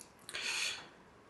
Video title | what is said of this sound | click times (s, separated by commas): Comment changer son bracelet Apple Watch? | les deux côtés, je les enclenche en même temps. On entend bien le clic. Et là, c'est bon, on est sécurisé. | 0.0 s, 0.3 s